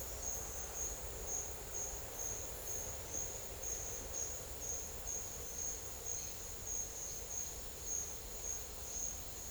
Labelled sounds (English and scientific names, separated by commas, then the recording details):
none
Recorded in secondary vegetation near Puerto Asís, Putumayo, Colombia, on 8 March 2025 at 10:30
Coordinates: 0.488, -76.319
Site G095